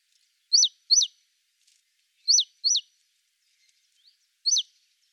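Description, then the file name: Great tit calling: crisp, high, falling notes in close pairs, then a single note, each pair separated by a short pause. "Parus major"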